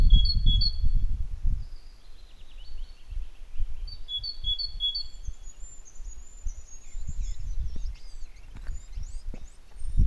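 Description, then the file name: Great tit calls, thin high notes in quick repeated pairs in two short bursts, with other high bird chirps and a low rumbling background. "Parus major"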